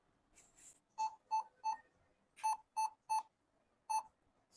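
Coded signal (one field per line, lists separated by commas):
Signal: beep code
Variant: laptop BIOS POST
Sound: groups of 3 short mid-pitched beeps, repeating with pauses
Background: small room, click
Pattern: 3 short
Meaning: Memory (RAM) problem; the laptop powers on without display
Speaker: இந்த லேப்டாப் ஆன் பண்ணா டிஸ்பளே வரமாட்டது சவுண்ட் மட்டும்தான் வருது. இதுல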